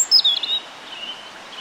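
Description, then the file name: European robin giving a brief burst of high, thin, sliding notes at the start, then only soft background hiss with faint notes. "Erithacus rubecula"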